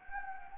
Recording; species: mosquito wingbeat signal from an infrared sensor; Anopheles gambiae